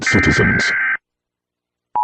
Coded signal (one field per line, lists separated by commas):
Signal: Emergency Alert System (SAME) tones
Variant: header bursts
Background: speech